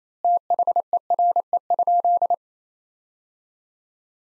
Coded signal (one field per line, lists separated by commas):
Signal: Morse code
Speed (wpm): 28 wpm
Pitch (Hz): 700 Hz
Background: none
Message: THERE?